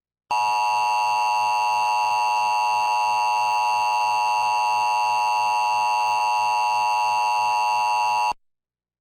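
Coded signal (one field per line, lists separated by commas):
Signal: Emergency Alert System (SAME) tones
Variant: 853 and 960 Hz attention tone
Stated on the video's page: Required monthly test and severe thunderstorm warnings received on TV, with audio monitored from a relay network.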